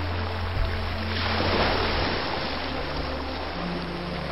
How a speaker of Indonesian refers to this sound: Si hitam membawa Tio ke pantai. Deburan ombak terdengar memecah karang.